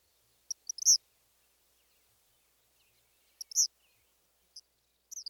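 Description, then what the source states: Eastern Kingbird song of a few short groups of thin, high sputtering notes separated by gaps of silence. High-pitched song with variable notes like electrical sparks jumping between two wires; stuttered quality with punctuated accents; male singer.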